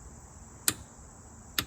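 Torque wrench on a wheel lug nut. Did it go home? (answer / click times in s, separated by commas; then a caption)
yes / 0.7 s, 1.6 s. A click-type torque wrench tightens another wheel lug nut to its 80-pound setting, with a steady low hiss underneath. Two sharp clicks ring out at 0.7 s and 1.6 s as the wrench reaches its set torque on the lug nut.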